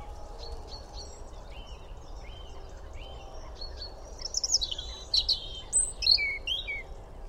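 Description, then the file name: European robin song: faint thin whistled notes at first, building into a louder run of high sliding, twittering phrases in the second half, over low background noise. "Erithacus rubecula"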